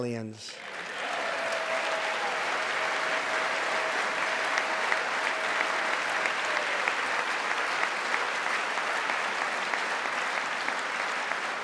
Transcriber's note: applause